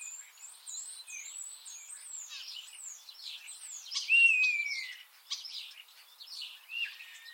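Common starling giving a dense run of varied whistles, chirps and clicks, with one clear falling whistle midway and several shorter slurred notes.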